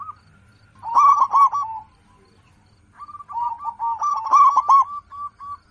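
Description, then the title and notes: Zebra dove sings two rolling phrases of clear, resonant coos, the second introduced by a line of short, evenly repeated notes. Local-type zebra dove singing prolifically, its voice described as loud, clear and crystal-like. "PERKUTUT LOKAL GACOR Suara KRISTAL LANTANG. Kicau Burung Perkutut"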